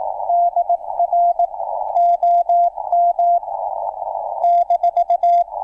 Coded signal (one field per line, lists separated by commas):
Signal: Morse code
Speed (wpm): 18 wpm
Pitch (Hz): 690 Hz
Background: radio noise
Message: DR OM -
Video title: Back into CW... (Live Stream) | HamRadio